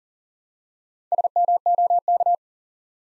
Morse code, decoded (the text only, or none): SMOK